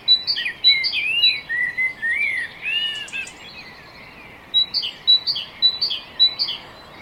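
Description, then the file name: Great tit calls: quick high-low note pairs repeated, interrupted by warbling lower sweeps, then the paired notes resume. "Parus major"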